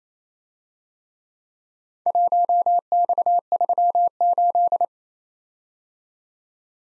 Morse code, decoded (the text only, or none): 1X38